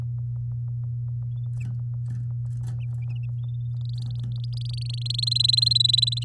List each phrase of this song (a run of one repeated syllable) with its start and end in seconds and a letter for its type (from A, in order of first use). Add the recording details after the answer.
3.81-5.25 A, 5.27-6.24 B. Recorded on 7 May 2018 at 06:28. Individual llb16